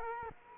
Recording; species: mosquito wingbeat signal from an infrared sensor; Culex quinquefasciatus